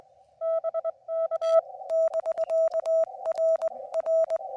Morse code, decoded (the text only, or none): BK <BK> R R